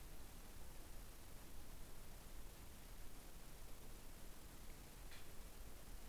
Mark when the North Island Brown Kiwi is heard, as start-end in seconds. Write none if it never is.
none